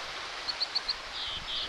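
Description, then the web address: Dipper giving four short, sharp, high call notes in quick succession over steady rushing noise. "soundswild dippers"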